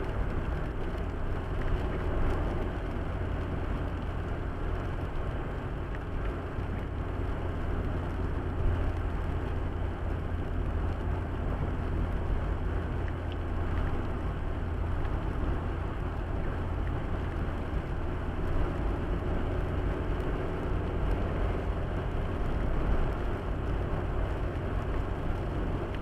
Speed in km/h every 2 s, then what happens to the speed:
81, 80, 80, 80, 80, 78, 77, 78, 79, 80, 82, 82, 83.
0-26 steady at about 80.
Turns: none.